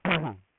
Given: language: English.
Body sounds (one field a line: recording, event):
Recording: throat vibration sensor signal played as sound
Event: throat clearing